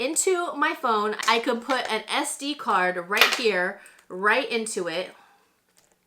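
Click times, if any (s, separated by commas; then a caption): 5.8 s. Someone talks, then an SD memory card is pushed into the slot of a small plastic phone SD card reader adapter. A faint short click at 5.8 s marks the card seating in the reader.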